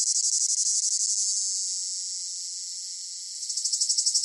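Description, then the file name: Cicada song: fast rhythmic pulses of a shrill whine that smooth into a steady drone, then the quick pulsing returns near the end. Close-up rhythmic chirping in long phrases with a piercing whine. "gain walkers CICADA Close Up Rhythmic Chirping Long Phrases Piercing Whine"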